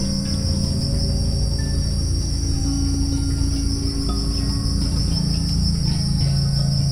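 Crickets keep up an unbroken, high, buzzy chirping, layered over calm low musical chords.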